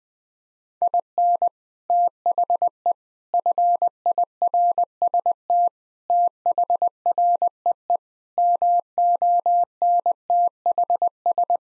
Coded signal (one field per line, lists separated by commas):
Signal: Morse code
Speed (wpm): 20 wpm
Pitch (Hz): 700 Hz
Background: none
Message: IN THE FIRST THREE MONTHS